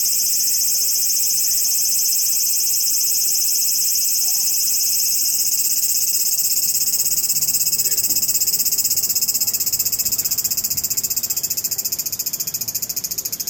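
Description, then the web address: Cicada giving an intense, rapidly pulsing high buzz that stays steady, then slowly fades toward the end. Recorded in a cemetery in Tokyo, Japan; long call described as sci-fi sounding. "Music 2 Insect Call Circada Sci Fi Sounding Long Tokyo Japan Cemetary"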